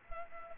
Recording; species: mosquito wingbeat signal from an infrared sensor; Culex pipiens